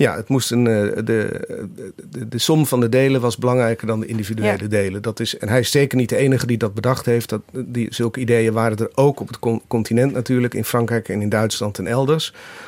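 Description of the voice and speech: A man speaks Dutch in a conversational, lecture-like tone, with a steady mid-low pitch and clear voicing. The hesitations are ordinary: an "eh," a quick "de, de, de" repeat and some restarts. It is normal, everyday fluent speech with no voice or speech disorder.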